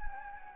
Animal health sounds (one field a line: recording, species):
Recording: mosquito wingbeat signal from an infrared sensor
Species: Anopheles gambiae